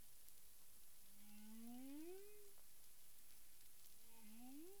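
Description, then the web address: Humpback whale moaning call: a low, rising upsweep that swells and bends upward, followed by a second similar rise, over a steady hiss of background noise. Recorded 9 April 2002 at 18:48:53 UTC. "humpback whale 20020409 184853 UTC"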